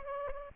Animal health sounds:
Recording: mosquito wingbeat signal from an infrared sensor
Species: Culex pipiens

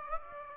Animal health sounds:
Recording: mosquito wingbeat signal from an infrared sensor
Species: Aedes aegypti

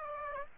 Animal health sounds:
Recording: mosquito wingbeat signal from an infrared sensor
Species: Aedes aegypti

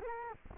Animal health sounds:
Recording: mosquito wingbeat signal from an infrared sensor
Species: Culex quinquefasciatus

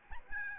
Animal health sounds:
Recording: mosquito wingbeat signal from an infrared sensor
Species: Aedes albopictus

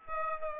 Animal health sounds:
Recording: mosquito wingbeat signal from an infrared sensor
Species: Aedes aegypti

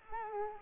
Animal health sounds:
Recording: mosquito wingbeat signal from an infrared sensor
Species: Culex quinquefasciatus

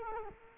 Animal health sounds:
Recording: mosquito wingbeat signal from an infrared sensor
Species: Culex quinquefasciatus

